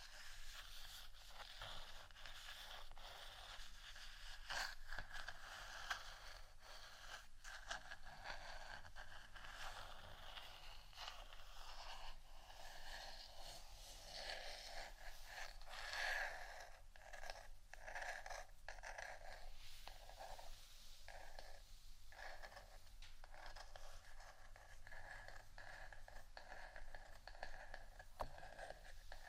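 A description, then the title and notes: Continuous scratching, dense rasping strokes in quick irregular succession, bright and gritty, holding steady for the whole half minute over a low hum. ASMR Scratching Only（No Talking）.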